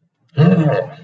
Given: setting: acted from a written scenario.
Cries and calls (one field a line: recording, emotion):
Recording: vocal sound without words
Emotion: anger